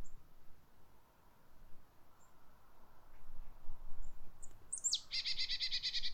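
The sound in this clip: Marsh tit call: a sharp, high downslurred note followed straight away by a rapid buzzy, nasal run of repeated notes over a quiet background.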